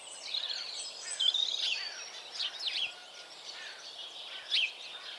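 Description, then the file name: House sparrow chirping calls, a dense overlapping chatter of many short bright chirps throughout, with a few louder notes standing out near the start and end. "Passer domesticus"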